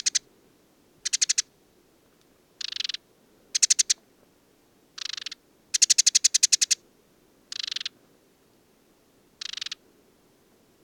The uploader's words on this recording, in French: Le Moineau blanc du désert - Mauritanie. Oasis de Mayateg - Mauritanie - Tlp7 - mixpre3. Un mâle de Moineau blanc (Passer simplex) c'est installé au sommet d'un acacia et là quelle surprise d'entendre un joli petit chant. Il est composé de gazouillis, de trilles, de quelques inventions et n'est pas sans rappeler le chant de la Linotte mélodieuse. Pointant la parabole et grâce à un vent absent je me laisse surprendre par ce chant.